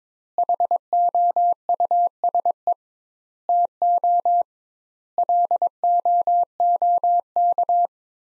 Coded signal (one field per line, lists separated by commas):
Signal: Morse code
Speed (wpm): 22 wpm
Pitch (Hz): 700 Hz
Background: none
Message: HOUSE TO LOOK